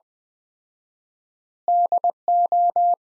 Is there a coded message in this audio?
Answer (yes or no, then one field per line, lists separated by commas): yes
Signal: Morse code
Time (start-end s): 1.7-2.9 s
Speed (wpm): 21 wpm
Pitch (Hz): 700 Hz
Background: none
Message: DO